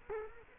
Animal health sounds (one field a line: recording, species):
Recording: mosquito wingbeat signal from an infrared sensor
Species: Culex quinquefasciatus